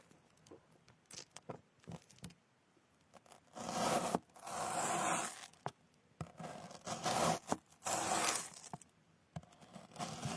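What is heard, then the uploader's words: Fruit being cut, with scattered small clicks and snaps throughout. Around the middle come several longer rough, hissing scrapes, each lasting about a second, with quieter gaps of sparse ticking between them. Cutting fruits.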